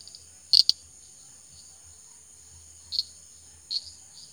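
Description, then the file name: Common shrub frog calling with a quick double click, then, after a pause of over two seconds, two single high clicks under a second apart, against a continuous shrill insect hum. "Pseudophilautus popularis"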